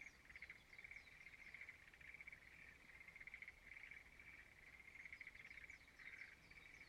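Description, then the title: Frogs trilling in short pulsed bursts, several in a row, forming a steady chorus with soft high chirps. Frogs singing in a rice field at dawn in Izumo, Shimane, Japan. "Frog singing in the rice field Izumo"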